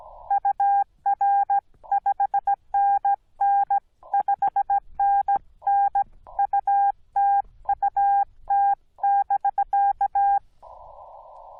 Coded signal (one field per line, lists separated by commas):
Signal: Morse code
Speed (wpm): 17 wpm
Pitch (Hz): 800 Hz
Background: none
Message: UR 5NN 5NN UTUT<BK>